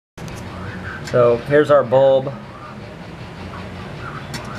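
A new Hella headlight bulb for a Chevy K10 is held and lined up in the headlight housing before the retaining clips are fastened, while someone talks briefly over a steady background hum. Nothing has seated or clicked yet.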